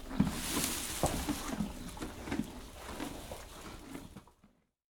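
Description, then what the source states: Horses eating: irregular crunching and tearing sounds of chewing hay, with soft rustling, fading out near the end. Canadian horses eating hay, recorded from far away.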